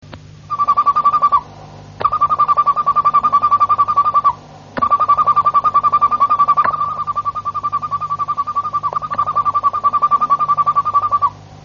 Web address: ~joaopt canarios cantoharz